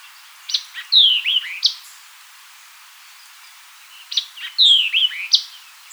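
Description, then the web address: White-eyed vireo giving two bursts of its emphatic song, each a crisp chip, a falling whistle and quick slurred notes ending sharply, about three and a half seconds apart. Recorded 4 January 2007. "White-eyed Vireo 2007 01 04"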